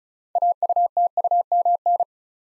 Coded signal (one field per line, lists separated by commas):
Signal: Morse code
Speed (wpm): 34 wpm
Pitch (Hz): 700 Hz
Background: none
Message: AUTUMN